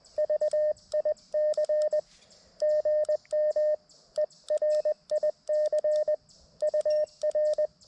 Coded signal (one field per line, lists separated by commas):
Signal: Morse code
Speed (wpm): 20 wpm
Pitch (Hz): 610 Hz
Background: none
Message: VIC GM ERIC UR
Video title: CW POTA at K-5088 with the MTR-4B and the WRC Sporty Forty antenna system